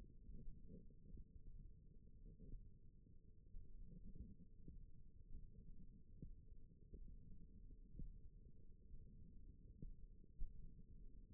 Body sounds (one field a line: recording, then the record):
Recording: forearm muscle sounds (acoustic myography)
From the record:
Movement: index flexion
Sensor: system 1, eight BSWA MPA416 microphones around the upper forearm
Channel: 1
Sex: female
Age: 21 years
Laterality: right